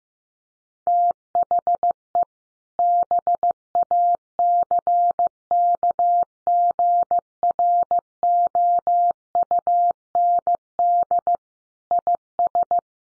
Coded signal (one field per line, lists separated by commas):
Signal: Morse code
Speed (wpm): 15 wpm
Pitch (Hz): 700 Hz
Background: none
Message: THE BACKGROUND IS